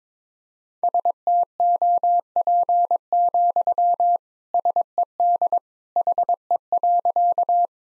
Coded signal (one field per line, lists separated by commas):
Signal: Morse code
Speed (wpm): 22 wpm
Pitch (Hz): 700 Hz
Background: none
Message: STOP, SED HE.